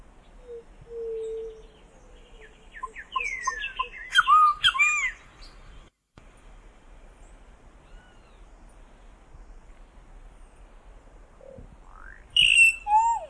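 Solitary cacique giving a long low whistle, then a burst of rapid chattering, slurred and looping notes. Silence follows, then another short run of bright whistles.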